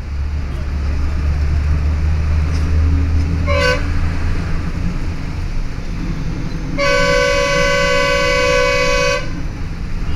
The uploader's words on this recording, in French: Départ de bus. Dharwad.